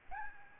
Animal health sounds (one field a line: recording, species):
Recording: mosquito wingbeat signal from an infrared sensor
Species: Aedes albopictus